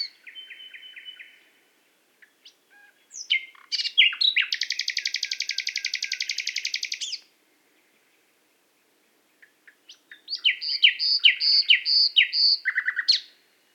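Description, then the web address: Nightingale song with a soft opening phrase, a long loud rapid trill lasting several seconds, silence, then a series of emphatic repeated whistled notes. Recorded in Qatar. "qatar birds qatar birds presentation extracts nightingale"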